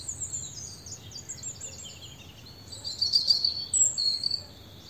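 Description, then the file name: European robin singing rapid, high, tinkling phrases, louder in the second half. "Erithacus rubecula"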